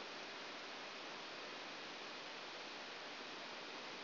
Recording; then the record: brain microelectrode recording played as sound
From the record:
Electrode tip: outside the subthalamic nucleus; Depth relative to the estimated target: -4 mm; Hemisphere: right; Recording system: AlphaMap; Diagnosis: Parkinson's disease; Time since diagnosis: 7 years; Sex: female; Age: 56 years